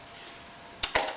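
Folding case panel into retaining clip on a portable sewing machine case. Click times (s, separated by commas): 0.8 s, 1.0 s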